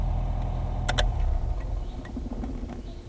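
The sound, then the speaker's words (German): A car engine idles with a steady, low rumble throughout after the car is pulled into a parking lot beside an inn, while two quick sharp clicks sound early on. There is no talking. “nahm den Fuß vom Gas, blinkte und lenkte den Wagen auf den Parkplatz neben einem Gasthaus.”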